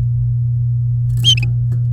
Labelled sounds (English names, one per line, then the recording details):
Domestic Canary song
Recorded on 3 May 2018 at 17:02
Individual llb16